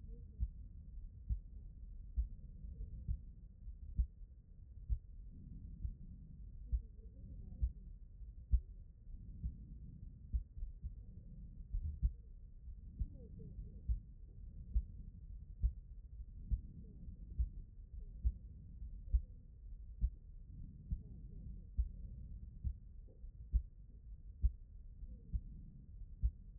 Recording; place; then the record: heart sounds by stethoscope; aortic valve (AV)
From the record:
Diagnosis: HFrEF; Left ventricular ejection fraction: 21%